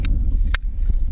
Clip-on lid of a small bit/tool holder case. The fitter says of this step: snaps into place it's got a little clip it's got the magnetic holder